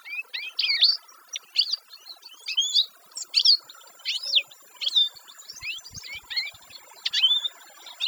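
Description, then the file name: Canary song, a fast string of sharp chirps, trills and twittering phrases with short pauses between bursts. "Canary Voice"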